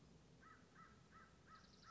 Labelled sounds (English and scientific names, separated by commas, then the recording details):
American Crow (Corvus brachyrhynchos)
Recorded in Sonoma County, California